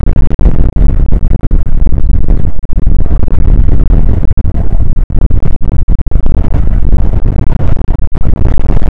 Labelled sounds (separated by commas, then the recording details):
wind, animal
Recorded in the Prudhoe Bay oil fields, Alaska, on 29 May 2019 at 00:02
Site 25